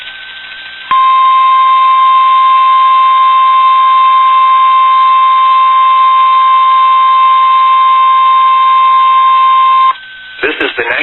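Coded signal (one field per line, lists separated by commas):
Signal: Emergency Alert System (SAME) tones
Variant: 1050 Hz attention tone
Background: speech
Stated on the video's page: NOAA Weather Radio weekly test tones plus a Local Area Emergency alert.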